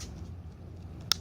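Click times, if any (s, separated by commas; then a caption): 1.1 s. The two plastic halves of a waterproof smartphone case (a Merit case for the iPhone 5/5S) are pressed together around the phone against a low background hum. A single sharp snap at 1.1 s shows the case snapping shut into place.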